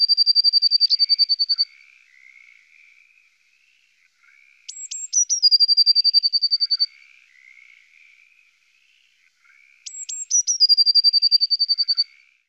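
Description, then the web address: Eurasian blue tit song: two or three very high thin notes followed by a long, even, fast trill, heard three times (the first already under way at the start), with soft lower chattering between phrases. "IVN Zangvogels. Pimpelmees"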